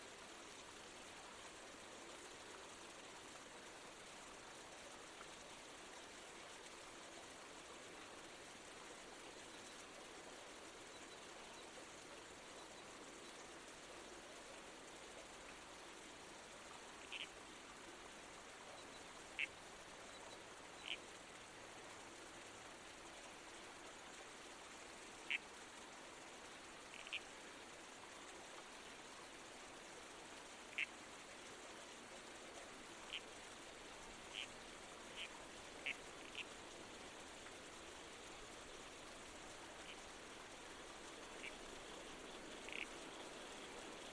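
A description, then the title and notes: A babbling creek runs in a steady, even rush of water, with small bright splashes and drips popping out irregularly after about seventeen seconds. The babbling creek.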